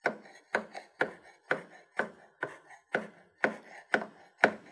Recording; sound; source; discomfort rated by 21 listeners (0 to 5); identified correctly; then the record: sound for misophonia research; knife cutting; not oral or nasal; mean 0.86, standard deviation 0.76; in 42 of 42 trials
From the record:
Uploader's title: Victoria Boche- Mus152-Foley. Cutting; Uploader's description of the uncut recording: This is a sound of two knife cuts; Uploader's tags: mus152, kitchen, knife, cutting